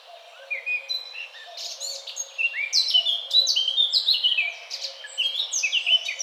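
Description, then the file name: Eurasian blackcap warbling song, lively tumbling high notes with sharp downward slides, building into a dense, continuous phrase. "Sylvia atricapilla"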